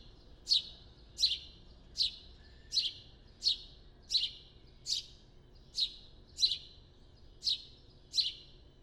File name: Passer domesticus